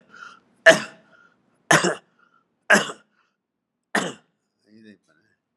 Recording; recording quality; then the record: heavy voluntary cough; poor, much background noise or distortion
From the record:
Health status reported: exposed to COVID-19, no respiratory illness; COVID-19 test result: negative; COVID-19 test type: RT-PCR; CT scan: taken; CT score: 12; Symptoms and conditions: cold, hypertension, diabetes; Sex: male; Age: 76 years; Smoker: no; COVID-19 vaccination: both doses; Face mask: worn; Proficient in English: yes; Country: India